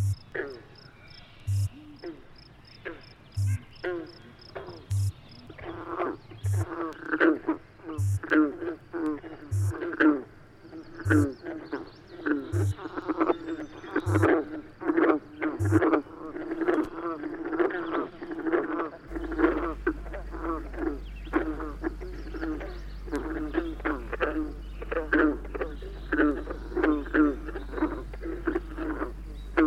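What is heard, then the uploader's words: A recording played through a transducer attached to an old gasoline can, giving a voice-like sound with a hollow, croaking, metallic tone. Chopped bursts of syllables run steadily throughout, with a regular ticking pulse about every second in the first half and a low steady hum appearing after twenty seconds. An East River Park Sound Walk in New York. The sound of a single recording made while circling the park. The recording played through a transducer and an antique gasoline can.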